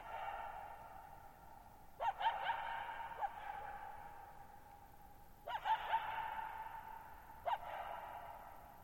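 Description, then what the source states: Coyote yipping and howling, sharp yips at a few moments, each trailing into a fading wail. Lone coyote at night, July 14, 2019, near Thirtymile Meadows, Okanogan National Forest (Okanogan High Country, Pacific Northwest), 6400 ft (1950 m); high dry plateau, shallow bowl-shaped meadow; vocalized nearly 50 minutes.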